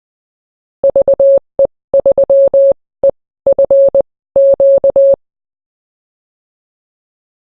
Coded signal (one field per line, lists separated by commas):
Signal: Morse code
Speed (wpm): 20 wpm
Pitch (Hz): 550 Hz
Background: none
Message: VE3EFQ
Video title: 7 Days with a Kayak, an HF Radio, and a Fishing Pole.